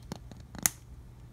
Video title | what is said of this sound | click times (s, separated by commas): SAB Goblin RAW 700 Piuma Build Part 4 | that connector is snapped together no play no wiggle and they are very tight so | 0.7 s